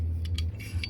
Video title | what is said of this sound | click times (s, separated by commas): 1911 Field Strip *NO TOOLS* | and you'll feel it click into place too | 0.8 s